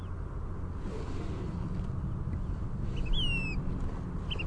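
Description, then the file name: Say's phoebe giving one descending whistled note led by a short higher note, with the start of another at the end, against a continuous low rumble. "SAPH song"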